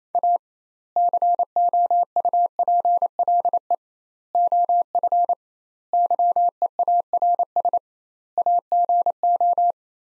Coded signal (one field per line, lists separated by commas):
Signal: Morse code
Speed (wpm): 28 wpm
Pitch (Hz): 700 Hz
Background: none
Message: A COUPLE OF YEARS AGO